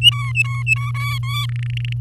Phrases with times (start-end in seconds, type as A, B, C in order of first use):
0.01-0.91 A, 0.95-1.46 B, 1.49-1.93 C